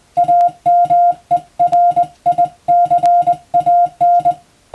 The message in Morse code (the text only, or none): AMERICAN